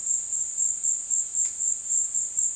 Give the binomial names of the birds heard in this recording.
none